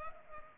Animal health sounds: mosquito wingbeat signal from an infrared sensor; Culex pipiens

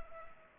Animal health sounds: mosquito wingbeat signal from an infrared sensor; Culex pipiens

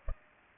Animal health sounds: mosquito wingbeat signal from an infrared sensor; Culex pipiens

